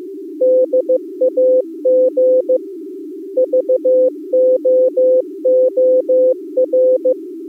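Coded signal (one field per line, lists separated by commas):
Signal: Morse code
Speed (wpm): 23 wpm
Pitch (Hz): 510 Hz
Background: music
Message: DAG VOOR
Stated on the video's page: Contestia data mode at 360 Hz.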